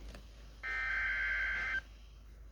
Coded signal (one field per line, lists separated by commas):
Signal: Emergency Alert System (SAME) tones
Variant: header bursts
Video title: EAS #42 Severe Thunderstorm Watch 611 Issued on WXM50 | August 7th, 2024